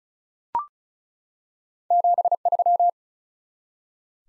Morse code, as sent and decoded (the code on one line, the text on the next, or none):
--... ...--
73